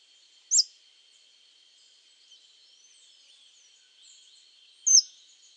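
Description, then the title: Scale-throated hermit giving two isolated high, sharp squeaks about four seconds apart, with faint thin notes and a constant high hum between them. Subspecies Phaethornis eurynome eurynome, assumed from the recording location. "LuckyPassaro Completos2Sama. Scale-throated Hermit (Phaethornis eurynome eurynome (ssp asumed from location))"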